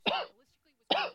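Two short, harsh, voiced cough bursts from an adult about a second apart, with quiet between them.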